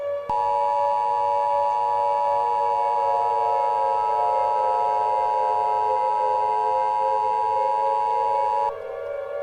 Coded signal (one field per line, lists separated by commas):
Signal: Emergency Alert System (SAME) tones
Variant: 853 and 960 Hz attention tone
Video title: EAS Scenario - Nuclear Attack (REMASTERED)